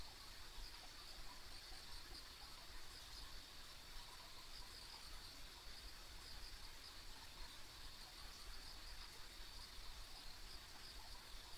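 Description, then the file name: Continuous high insect trilling with small repeated chirps here and there, over a quiet, constant rushing hiss. Ambient insect sounds recorded on a rural country road. "田舎道の虫の環境音"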